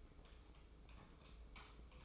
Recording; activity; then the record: daily activity, microphone in the room; typing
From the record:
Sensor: 1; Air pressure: 995.3 hPa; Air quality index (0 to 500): 28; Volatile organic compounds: 1 ppm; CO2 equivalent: 541 ppm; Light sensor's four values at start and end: 17/58/21/23 and 17/58/21/23